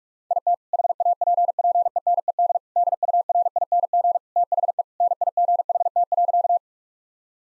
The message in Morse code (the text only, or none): IT HAPPENED DURING THE NIGHT.